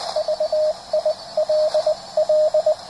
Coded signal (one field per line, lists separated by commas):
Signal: Morse code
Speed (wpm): 20 wpm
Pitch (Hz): 620 Hz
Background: radio noise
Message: VILL